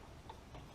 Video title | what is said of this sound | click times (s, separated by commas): Cheap Alternative! Review of the SPTA Surface Conditioning Tool (Eastwood Contour SCT knockoff) | locks in place | 0.3 s